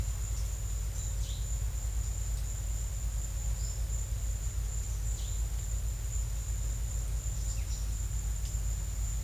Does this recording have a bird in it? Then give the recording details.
no. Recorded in secondary vegetation near Puerto Asís, Putumayo, Colombia, on 20 December 2024 at 14:00. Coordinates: 0.499, -76.323. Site G010